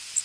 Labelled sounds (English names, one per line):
Blackburnian Warbler flight call